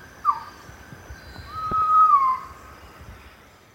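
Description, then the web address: Pavonine quetzal with a short sharp note, then a long drawn-out whistle that rises gently and drops at the end, against a steady high background tone. Eastern lowlands of South America. "Natures Songs S America Eastern Lowlands Pavonine Quetzal"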